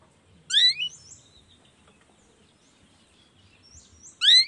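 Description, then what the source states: Long-tailed shrike with two loud squeaky phrases separated by soft twittering notes. Lively morning singing with 'toet toet' sound variations, meant to stimulate lazy shrikes into singing along.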